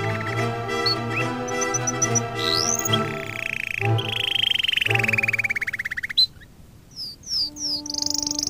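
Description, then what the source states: Canary song: quick high notes and a long descending rolling trill, then sharp chirps and a rising whistle as the music thins. Canary song mixed with music.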